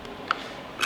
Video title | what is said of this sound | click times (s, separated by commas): REBUILDING WRECKED FORD BRONCO NEW LIGHTING UPGRADES | snaps into place where it's supposed to be | 0.3 s